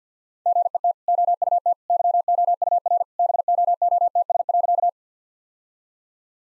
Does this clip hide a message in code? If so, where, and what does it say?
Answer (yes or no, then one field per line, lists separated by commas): yes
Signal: Morse code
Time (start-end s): 0.5-4.9 s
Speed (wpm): 50 wpm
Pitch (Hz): 700 Hz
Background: none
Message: GET OUT YOUR BOOTS.